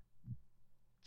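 A single dull, low thump comes through the stethoscope in this brief stretch, with a faint low hum around it. It is a teacher's own heartbeat, an ordinary adult heartbeat, calm and unremarkable.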